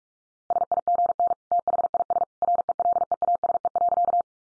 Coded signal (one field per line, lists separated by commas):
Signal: Morse code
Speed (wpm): 44 wpm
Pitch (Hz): 700 Hz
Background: none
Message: SIGN THIS RELEASE.